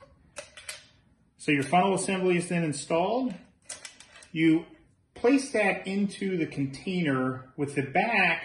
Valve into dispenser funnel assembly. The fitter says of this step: And you'll hear that click twice as it clears the two ridges that hold it in place.